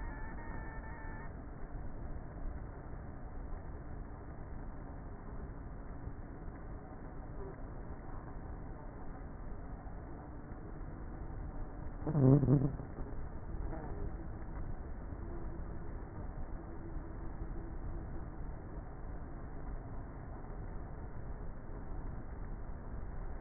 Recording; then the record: honeybee colony, microphone inside the hive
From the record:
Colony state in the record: queenless with a low population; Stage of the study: before two queens were removed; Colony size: about 30,000 bees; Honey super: no